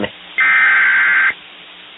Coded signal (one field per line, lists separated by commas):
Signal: Emergency Alert System (SAME) tones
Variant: header bursts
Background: speech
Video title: Emergency Alert System Activated By Mistake (EAS Fail)